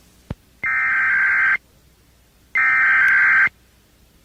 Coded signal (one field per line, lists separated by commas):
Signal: Emergency Alert System (SAME) tones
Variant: header bursts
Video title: Emergency alert COMPILATION part 2